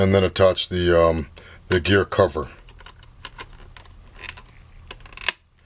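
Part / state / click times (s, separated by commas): plastic gear cover onto laser toner cartridge end / seated / 5.3 s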